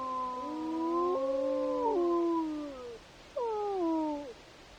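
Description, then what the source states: Wolf howling, two long smooth howls with stepped pitch changes that fall at the end, a brief pause between them, over faint background hiss. Wolf recorded in Wrangell-St. Elias, Alaska, on 28 January 2017 at about 07:25.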